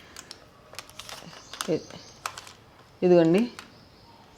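A saw head attachment is handled at the end of a telescopic pole, being retried and pushed toward the pole socket. There are light tapping and clicking sounds, and someone talks. Nothing has seated or clicked yet.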